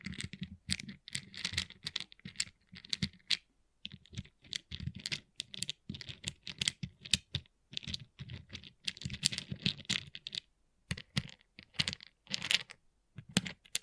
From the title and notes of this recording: ASMR Relaxing Pixel Art Beads ( No Talking).